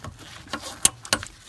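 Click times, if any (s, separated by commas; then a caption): 0.9 s. A small screwdriver is pushed up under the little grey plastic locking tab of a diesel fuel injector's electrical connector. A sharp click at 0.9 s marks the clip releasing, followed by another bright tick around 1.1 s and a few faint taps. The connector clip is released.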